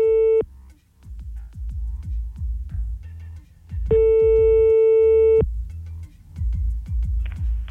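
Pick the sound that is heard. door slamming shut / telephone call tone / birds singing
telephone call tone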